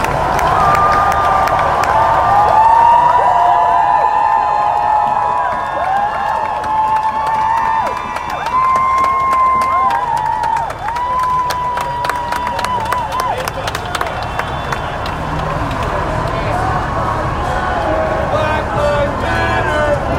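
A crowd at a peaceful protest in New York City, with many voices talking and calling out over one another throughout. Some voices rise into longer shouts or chants around the middle, and sharp clicks and taps punctuate the steady crowd noise.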